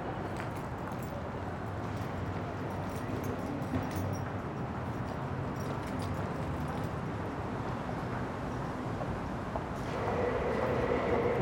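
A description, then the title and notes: Steady street noise at a building entrance, a dense low rumble of passing traffic that fills the whole stretch. Faint thin tones and brief clicks sit on top, and near ten seconds the sound swells louder with a higher whine joining in. Building Entrance Near the Street.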